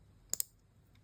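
The metal back plate of a 1985 Casio A180 watch is pressed into the watch case, and the last of its four corner clips, the fourth one, snaps home with a sharp click at 0.3 s, followed by a second sharp click at 0.4 s and a faint tick near 1.0 s. The back plate is seated.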